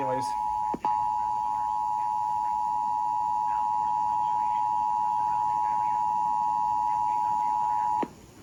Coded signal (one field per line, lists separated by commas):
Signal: Emergency Alert System (SAME) tones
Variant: 853 and 960 Hz attention tone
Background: speech